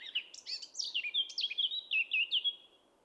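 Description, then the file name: Eurasian blackcap singing one phrase of rapid notes that turns into loud, clear whistles, fading at the end. "Sylvia atricapilla"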